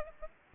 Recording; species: mosquito wingbeat signal from an infrared sensor; Aedes aegypti